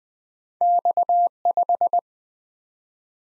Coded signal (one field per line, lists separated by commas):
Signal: Morse code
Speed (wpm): 23 wpm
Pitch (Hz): 700 Hz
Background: none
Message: X5